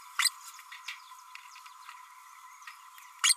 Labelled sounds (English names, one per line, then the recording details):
Green-rumped Parrotlet babbling
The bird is a male
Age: 32 days
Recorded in a nest box in Venezuela
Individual 17B32A6